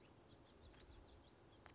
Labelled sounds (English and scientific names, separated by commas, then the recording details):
House Finch (Haemorhous mexicanus)
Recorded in Sonoma County, California